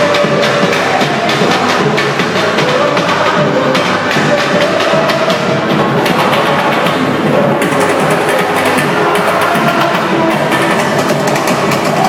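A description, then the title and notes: A crowded hotel lobby party roars as a dense, steady wall of overlapping voices and chatter, loud, with no breaks throughout. WTF, there's some kind of massive party going on in the hotel lobby #ohbrasil at Holiday Inn by Dave Haynes.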